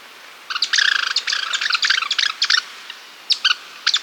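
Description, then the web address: Yellow-bellied chat-tyrant calling with a rapid burst of sharp high chips, then scattered short notes and a few separate clipped calls near the end. Ecuador. "Birds of Ecuador 3. Yellow-Bellied Chat-Tyrant"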